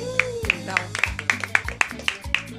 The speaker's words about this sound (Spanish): La gente del otro lado aplaude y cada vez tenemos más gente.